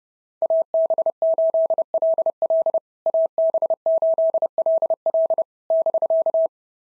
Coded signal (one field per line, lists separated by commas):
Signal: Morse code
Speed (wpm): 30 wpm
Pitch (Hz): 650 Hz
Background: none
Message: AB8LL AB8LL <BK>